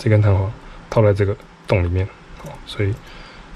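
Someone talks while handling a spring-loaded part of an airsoft Beretta M92F/M9A1 pistol, fitting its spring into a hole in the lower frame. Only speech and faint handling noise are heard, and nothing has seated or clicked yet.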